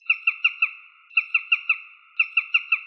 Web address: Accipiter nisus